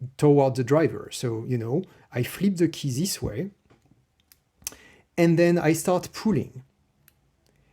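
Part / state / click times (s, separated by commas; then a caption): internal blocking element in a lock cylinder / seated / 7.1 s. Someone talks while flipping the key in a Vachette Volt a2p* lock cylinder and pulling the plug again in the reverse direction; a sharp tick sounds around 4.7 s during a pause. At 7.1 s the cylinder's internal blocking element clicks into place, and the lock blocks the plug at a different depth.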